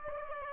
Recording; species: mosquito wingbeat signal from an infrared sensor; Aedes aegypti